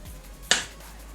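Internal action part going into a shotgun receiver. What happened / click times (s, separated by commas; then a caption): The metal part snapped into place / 0.5 s. During field reassembly of a Winchester SX4 semi-auto shotgun, the black internal action part is pushed down into the receiver. It seats with one sharp metallic click at 0.5 s that rings briefly before fading into quiet background. The part is confirmed in place.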